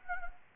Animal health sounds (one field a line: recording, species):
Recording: mosquito wingbeat signal from an infrared sensor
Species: Anopheles arabiensis